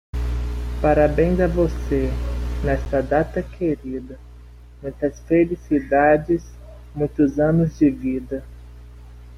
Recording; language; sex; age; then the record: short text; Brazilian Portuguese; male; 20 to 29 years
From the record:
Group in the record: control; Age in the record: 23 years